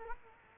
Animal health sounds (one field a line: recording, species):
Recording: mosquito wingbeat signal from an infrared sensor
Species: Culex quinquefasciatus